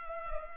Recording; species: mosquito wingbeat signal from an infrared sensor; Culex pipiens